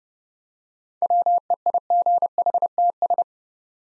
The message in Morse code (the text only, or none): WEIGHTS